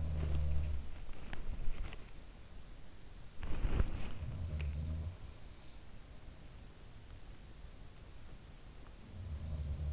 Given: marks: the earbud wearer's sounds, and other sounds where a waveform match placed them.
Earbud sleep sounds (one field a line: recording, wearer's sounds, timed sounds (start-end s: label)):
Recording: sounds in sleep by an in-ear microphone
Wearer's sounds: body movement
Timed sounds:
0.00-2.53 s: body movement
2.98-4.22 s: body movement
3.83-6.22 s: sound from someone else or the room